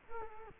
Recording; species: mosquito wingbeat signal from an infrared sensor; Culex quinquefasciatus